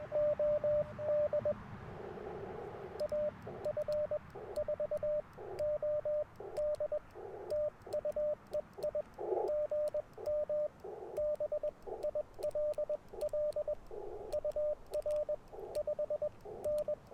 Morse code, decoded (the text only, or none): OD AF4OD TU EI GM BILL UR 5N